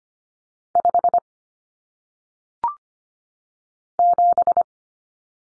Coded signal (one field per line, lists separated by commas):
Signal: Morse code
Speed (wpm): 25 wpm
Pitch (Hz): 700 Hz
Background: none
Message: 5 7